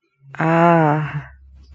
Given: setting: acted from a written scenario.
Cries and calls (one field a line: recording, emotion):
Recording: vocal sound without words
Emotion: embarrassment